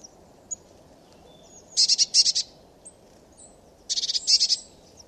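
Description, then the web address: Eurasian blue tit scolding with two rattling, buzzy churrs about two seconds apart, with soft high ticks in between. "cianscape. Deverinetal"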